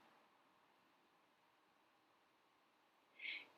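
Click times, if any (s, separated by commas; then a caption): none. A plastic cabin air filter case is slid back into its slot in the HVAC housing behind the glovebox, being lined up and positioned before latching. Faint steady handling noise continues until a short, louder higher-pitched burst around 3.3 s. Nothing has clicked or locked yet.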